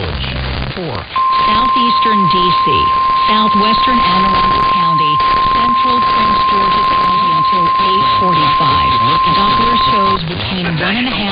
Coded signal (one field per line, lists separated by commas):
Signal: Emergency Alert System (SAME) tones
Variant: 1050 Hz attention tone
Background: speech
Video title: BACK IN BUSINESS | EAS Alerts from 8/10/2022 (EAS #1313-1338)